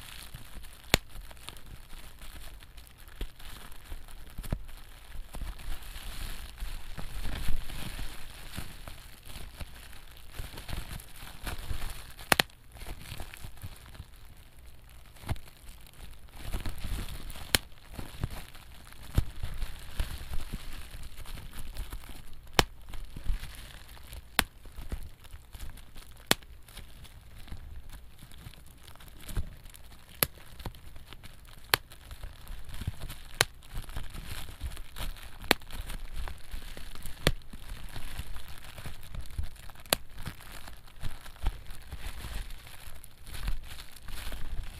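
Bubble wrap being handled, with a steady bed of soft crinkling and rustling throughout. Sharp pops cut through every second or two, some louder ones near 1, 12, 23 and 31 seconds, with low thumps from handling.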